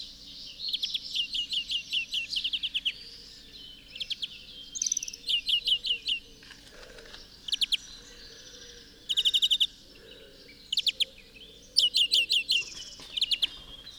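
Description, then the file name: European greenfinch twittering: repeated short trilled bursts and chattering runs of high notes throughout. "Chloris chloris"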